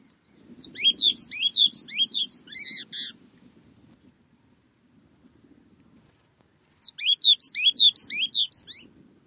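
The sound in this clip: Bird calls: two bursts of many quick, twittering rising and falling notes, separated by a silent gap of several seconds, over a low rumbling background.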